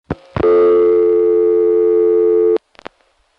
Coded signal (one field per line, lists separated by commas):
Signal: telephone call progress tone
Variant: North America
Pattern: dial tone